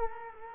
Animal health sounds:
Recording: mosquito wingbeat signal from an infrared sensor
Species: Culex quinquefasciatus

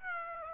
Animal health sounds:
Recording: mosquito wingbeat signal from an infrared sensor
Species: Aedes aegypti

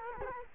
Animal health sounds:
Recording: mosquito wingbeat signal from an infrared sensor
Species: Culex quinquefasciatus

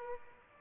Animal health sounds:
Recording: mosquito wingbeat signal from an infrared sensor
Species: Aedes albopictus

